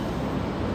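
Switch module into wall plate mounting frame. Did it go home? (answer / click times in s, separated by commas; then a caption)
no / none. A Panasonic wall switch module is handled against the plastic mounting frame of a 12-gang wall switch plate, with only a steady low, broadband rumbling noise throughout. Nothing has seated or clicked yet; the clip ends just before the module locks into the frame.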